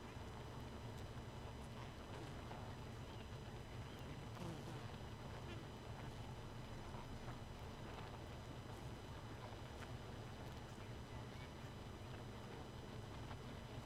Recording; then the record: honeybee colony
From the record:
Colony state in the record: missing queen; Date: 31 May 2018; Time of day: 2:43